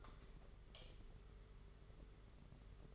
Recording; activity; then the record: daily activity, microphone in the room; light on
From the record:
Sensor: 4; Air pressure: 991.8 hPa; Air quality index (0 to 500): 99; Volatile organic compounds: 11 ppm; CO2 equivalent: 2307 ppm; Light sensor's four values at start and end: 7/16/6/6 and 9/25/9/11